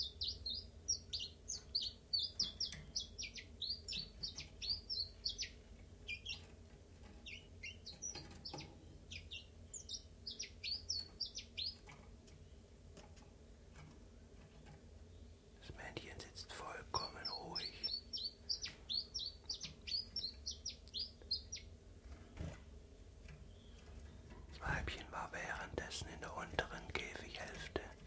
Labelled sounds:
Common Chiffchaff (Phylloscopus collybita)

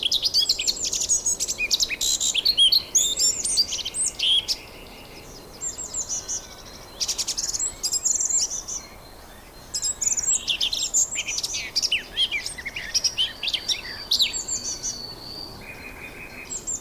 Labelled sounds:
Eurasian Blackcap (Sylvia atricapilla) song

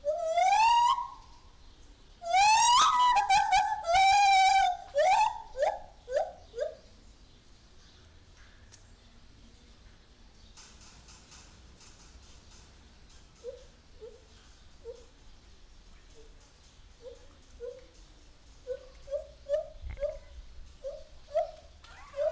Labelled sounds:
Lar Gibbon (Hylobates lar)

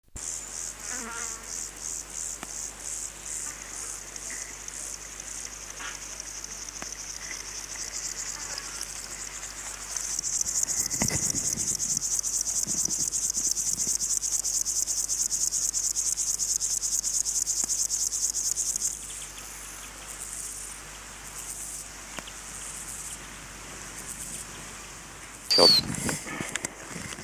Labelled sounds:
Upland Field Grasshopper (Chorthippus apricarius)

